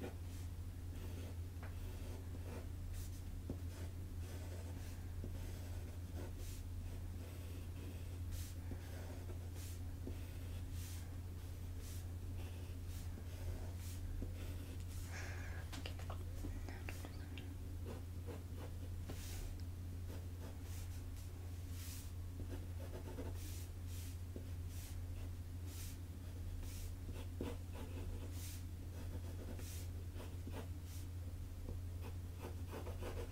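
Pencil sketching: short scratchy strokes and light taps come every second or so, irregular but steady throughout. A constant low hum sits underneath, with a brief louder scraping flurry around the middle.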